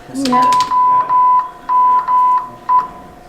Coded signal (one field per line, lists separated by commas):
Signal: Morse code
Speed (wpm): 13 wpm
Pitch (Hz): 1000 Hz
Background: speech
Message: OME